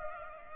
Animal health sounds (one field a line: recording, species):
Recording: mosquito wingbeat signal from an infrared sensor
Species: Culex pipiens